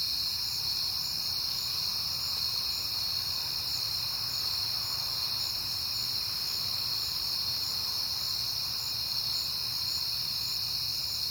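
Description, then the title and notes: Dense cricket chorus of high chirps sounding without pause for the whole stretch, with a light low rumble beneath. Crickets on a peaceful night in September. "Night Time: Crickets and Passing Cars. It is September and I have been hearing the crickets a lot, but finally had a peaceful night to make the recording"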